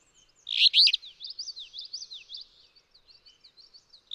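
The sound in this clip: Alder flycatcher song: a single harsh, buzzy phrase, then a run of quick, thin, slurred whistles.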